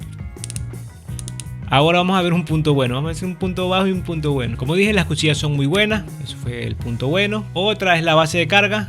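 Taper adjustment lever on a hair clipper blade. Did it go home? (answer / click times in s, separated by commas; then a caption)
yes / 0.4 s, 0.5 s, 0.6 s, 1.2 s, 1.3 s, 1.4 s. The taper adjustment lever on the blade of a VGR 682 hair clipper, set close to zero, is moved through its three detent positions; it cannot be left free between them. Sharp clicks are heard at 0.4, 0.5, 0.6, 1.2, 1.3 and 1.4 seconds as each position engages. Then someone talks over background music, and the clicks show the lever seating cleanly in each detent.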